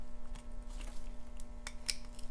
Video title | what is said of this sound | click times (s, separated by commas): How To Rebuild an XTR M950, M952, M953 Derailleur | once you feel that little click now you want to screw in the bolt | 1.7 s, 1.9 s